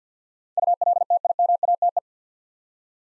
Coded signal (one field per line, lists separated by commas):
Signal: Morse code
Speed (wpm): 47 wpm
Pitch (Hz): 700 Hz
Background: none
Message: ULTIMATE